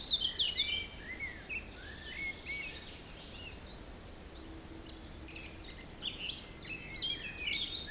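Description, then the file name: Birds chirp and whistle in quick bursts at the start and again near the end, separated by a quieter stretch of windy background. Forest in spring, windy at Beaufort force 3, recorded at 1 pm. "Forest Spring Birds Windy 3 bft 1 pm"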